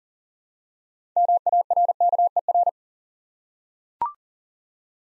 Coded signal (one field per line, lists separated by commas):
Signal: Morse code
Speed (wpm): 42 wpm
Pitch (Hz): 700 Hz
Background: none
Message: MARKER